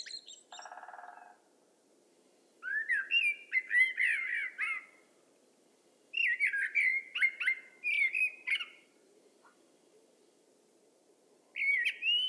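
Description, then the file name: Common blackbird delivering three separate fluty, warbling song phrases with short pauses between them; a brief harsh buzzy rattle sounds at the very beginning. "Turdus merula"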